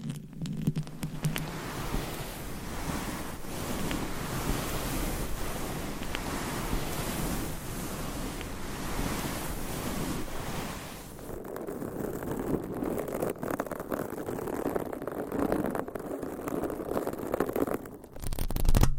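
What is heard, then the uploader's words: Mic scratching makes a dense, rough rustling, bright and busy for ten seconds, then duller and lower after eleven, with a louder scrape near the end. ASMR Mic Scratching with 20 DIFFERENT MICS, Mic Covers & CLAWS! No Talking.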